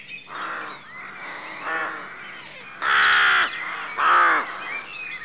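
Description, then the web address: Rooks giving hoarse, grating caws, two loud ones late, amid a chorus of softer caws and small birds' whistles. Rookery at dawn, rural exterior atmosphere. "The BBC Sound Effects Library - Complete 60 CDs Collection Sound Effects Library-52 (Exterior Atmospheres-Rural Backg) Rookery Dawn"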